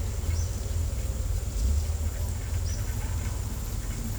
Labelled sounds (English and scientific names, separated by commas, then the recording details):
none
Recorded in secondary vegetation near Puerto Asís, Putumayo, Colombia, on 20 December 2024 at 14:00
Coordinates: 0.468, -76.324
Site G095